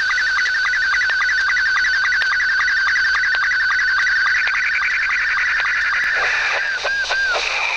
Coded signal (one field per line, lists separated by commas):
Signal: SSTV (slow-scan television)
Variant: Scottie 2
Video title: Quansheng UV-K5. How to scan the SSB CB Radio band. (Egzumer V.022)